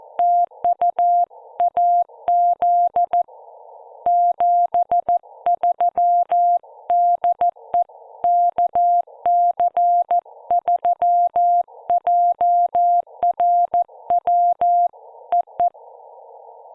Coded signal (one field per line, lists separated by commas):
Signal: Morse code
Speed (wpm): 14 wpm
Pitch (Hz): 700 Hz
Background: none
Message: TU AZ 73 DE KC3JRW EE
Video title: Part 2: 14 WPM CW Practice Parks on the Air Activation with an IC-705 Monterey, CA